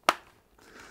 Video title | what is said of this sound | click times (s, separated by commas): How to change a visor: HJC i71 motorcycle helmet | and then just push this upwards until it clicks | 0.1 s